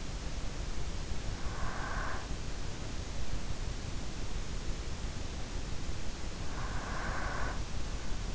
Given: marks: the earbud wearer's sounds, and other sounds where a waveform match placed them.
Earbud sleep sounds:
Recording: sounds in sleep by an in-ear microphone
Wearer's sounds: breath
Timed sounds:
1.02-3.09 s: breath
6.58-8.35 s: breath

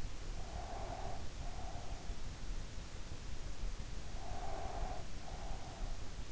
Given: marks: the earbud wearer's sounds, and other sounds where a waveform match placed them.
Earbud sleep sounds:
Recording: sounds in sleep by an in-ear microphone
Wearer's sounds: breath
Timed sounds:
0.41-2.20 s: breath
4.22-5.75 s: breath

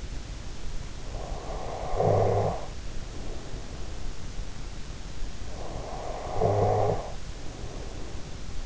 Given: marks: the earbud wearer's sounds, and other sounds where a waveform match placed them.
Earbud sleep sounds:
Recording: sounds in sleep by an in-ear microphone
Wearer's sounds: snoring breath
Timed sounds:
1.07-4.11 s: snoring breath
5.44-8.66 s: snoring breath

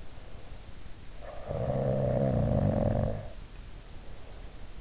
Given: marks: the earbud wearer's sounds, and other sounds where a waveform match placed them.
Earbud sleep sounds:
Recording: sounds in sleep by an in-ear microphone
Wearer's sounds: snoring breath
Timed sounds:
1.07-3.47 s: snoring breath

